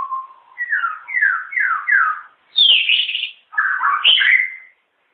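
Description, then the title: White-rumped shama song: a sequence of descending slurred whistles, then two strong varied bursts of rich warbling notes. Long chirping song. "kicau murai batu panjang"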